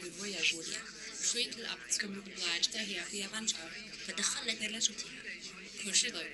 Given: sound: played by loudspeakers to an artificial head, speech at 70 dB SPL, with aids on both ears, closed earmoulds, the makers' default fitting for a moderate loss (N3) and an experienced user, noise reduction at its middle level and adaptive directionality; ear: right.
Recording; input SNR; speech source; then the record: speech test signal (ISTS) in cocktail-party noise; +3 dB; in front (0 degrees)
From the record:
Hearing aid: class 1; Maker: H